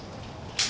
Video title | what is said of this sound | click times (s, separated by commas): Quickjack 5000slx lift setup and demo - best garage tool ever! | quick connects pull the cover off and it just presses and snaps into place just firmly like that | 0.6 s